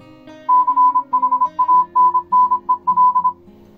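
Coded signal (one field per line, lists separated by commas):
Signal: Morse code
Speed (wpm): 26 wpm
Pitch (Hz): 1010 Hz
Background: music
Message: CHANNEL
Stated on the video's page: Morse heard on an Arduino-based decoder and trainer, demonstrated in decoding and practice-trainer modes.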